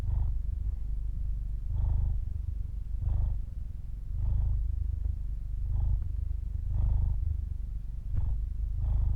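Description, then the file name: Cat purring, a steady low rumble that swells with each breath, with faint breathy bursts on the inhalations. Purr recorded at the throat. "freesound cat purr"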